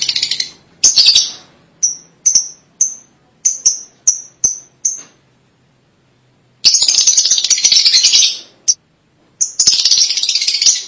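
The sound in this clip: Lovebird chatter in harsh, shrill bursts, then a run of short sharp chirps, a pause of nearly two seconds, and two long squeaky chattering bursts.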